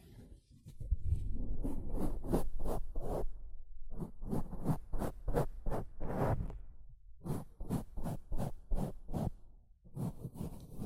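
A sponge is worked in quick repeated strokes, each a short scratchy burst with a soft squishy low end. The strokes come in rapid runs of about two or three per second, with brief pauses near four, seven and ten seconds.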